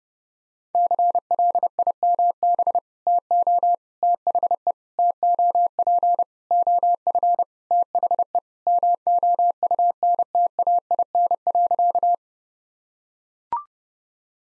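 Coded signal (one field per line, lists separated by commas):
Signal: Morse code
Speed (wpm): 30 wpm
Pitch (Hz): 700 Hz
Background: none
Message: CLIMB TO THE TOP OF THE MOUNTAIN.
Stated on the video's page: Morse practice at 30 wpm: sentences with common five-word phrases, sent, spoken, then sent again for head-copy.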